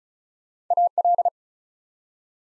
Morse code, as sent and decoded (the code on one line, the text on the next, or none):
.- .-..
AL